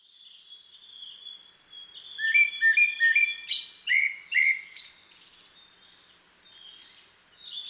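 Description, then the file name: Japanese thrush song: a string of clear, fluting whistled phrases, some notes repeated two or three times, loudest in the middle with softer warbles before and after. "kurotsugumi"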